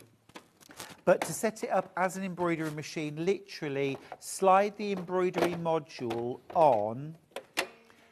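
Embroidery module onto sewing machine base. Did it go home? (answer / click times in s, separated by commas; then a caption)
yes / 7.6 s. Someone talks while an embroidery module is slid onto the arm of a sewing machine base to set it up as an embroidery machine. The module locks in with a definite click at 7.6 s, seating it in place.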